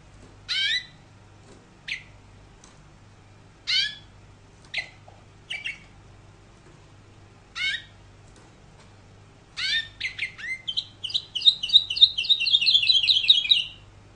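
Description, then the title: Canary song: several sharp, downward-sweeping chirps spaced one to two seconds apart, then a fast, buzzy, high trill of rapidly repeated notes building over the last few seconds. "Kenari"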